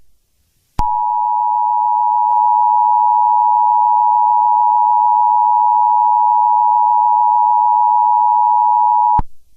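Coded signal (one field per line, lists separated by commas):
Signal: Emergency Alert System (SAME) tones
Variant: 853 and 960 Hz attention tone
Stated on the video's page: Fictional EAS scenario.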